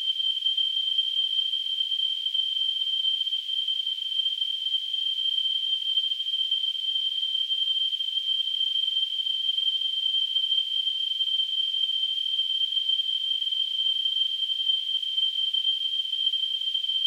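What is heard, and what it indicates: Simulated tinnitus: a steady, continuous high-pitched tone with a faint hiss around it, unchanging throughout.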